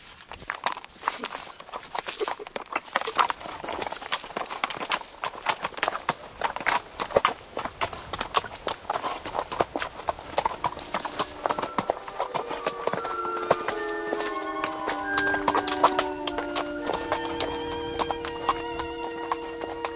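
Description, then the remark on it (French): Steady clip-clop of horse hooves with many sharp, dense strikes, followed by sustained tonal whinnying layered over the continuing hoofbeats in the second half; a horse carrying a young woman and a little girl after leaving a wood, setting off across stony hills. “À la sortie du bois, Angelo installa la jeune femme et la petite fille sur le cheval et ils commencèrent à parcourir les collines pierreuses où il faisait un peu plus clair que dans le fond de la”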